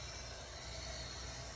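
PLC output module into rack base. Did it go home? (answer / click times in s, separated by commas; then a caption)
no / none. A new plastic-housed output module for a GE Fanuc 90-30 PLC is being hooked onto the rack base, ahead of being pressed down until it clicks. For the full 1.6 seconds there is only a steady broadband hiss with a low hum and no sharp sounds. Nothing has seated or clicked yet.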